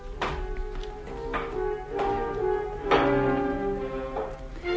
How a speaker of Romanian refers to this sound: acum urcă scara lovind tacticos cu bastonul cu panglicuțe, treaptă după treaptă.